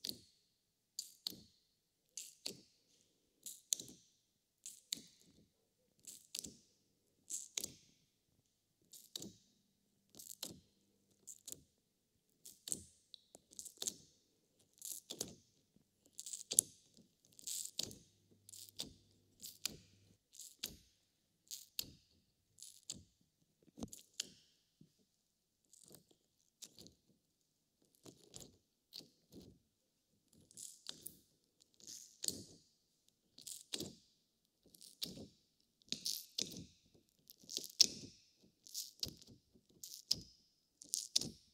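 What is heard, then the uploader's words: Slime being squished in short, wet squelches and crackles, one burst after another at a fairly regular pace of roughly one per second for the whole clip. Each squish is brief and bright, with a hissy, clicky edge, separated by near silence. ASMR SQUISH BINAURAL SOUNDS SLIME.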